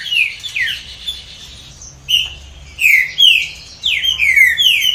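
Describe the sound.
Green-winged Saltator singing rich downslurred whistles in two bursts separated by a short pause.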